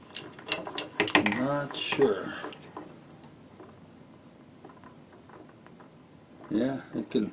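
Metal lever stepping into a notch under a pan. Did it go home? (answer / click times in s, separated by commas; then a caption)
no / none. Someone handles a metal lever with a filed notch that sits under a pan, pressing the pan down so the lever steps toward the notch. Sharp metallic taps and ticks come early, fainter ticks follow while the room is mostly quiet, and someone talks at the start and end. Nothing has seated or clicked into the notch yet.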